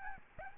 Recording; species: mosquito wingbeat signal from an infrared sensor; Aedes albopictus